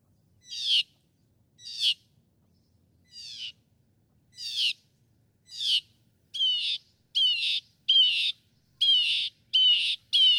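Northern mockingbird song: harsh raspy notes repeated, gradually speeding up and growing louder.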